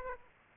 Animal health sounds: mosquito wingbeat signal from an infrared sensor; Aedes aegypti

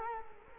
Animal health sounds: mosquito wingbeat signal from an infrared sensor; Culex quinquefasciatus

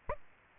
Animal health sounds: mosquito wingbeat signal from an infrared sensor; Aedes aegypti

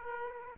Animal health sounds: mosquito wingbeat signal from an infrared sensor; Aedes aegypti

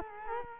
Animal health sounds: mosquito wingbeat signal from an infrared sensor; Culex quinquefasciatus

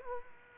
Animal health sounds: mosquito wingbeat signal from an infrared sensor; Culex quinquefasciatus

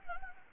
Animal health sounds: mosquito wingbeat signal from an infrared sensor; Anopheles gambiae

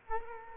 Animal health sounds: mosquito wingbeat signal from an infrared sensor; Culex quinquefasciatus

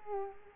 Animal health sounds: mosquito wingbeat signal from an infrared sensor; Culex quinquefasciatus

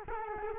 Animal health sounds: mosquito wingbeat signal from an infrared sensor; Culex quinquefasciatus

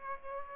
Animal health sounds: mosquito wingbeat signal from an infrared sensor; Aedes aegypti

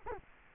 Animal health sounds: mosquito wingbeat signal from an infrared sensor; Culex quinquefasciatus

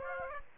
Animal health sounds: mosquito wingbeat signal from an infrared sensor; Aedes aegypti

